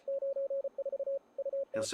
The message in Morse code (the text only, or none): 94 UT